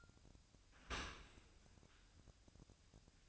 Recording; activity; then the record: daily activity, microphone in the room; open dishwasher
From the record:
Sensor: 2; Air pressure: 1003.0 hPa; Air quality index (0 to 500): 199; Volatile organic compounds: 6 ppm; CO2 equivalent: 1890 ppm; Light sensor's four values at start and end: 24/57/25/28 and 24/57/25/27